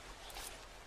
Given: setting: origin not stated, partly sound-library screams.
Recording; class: one-second piece from a danger detection set; normal situation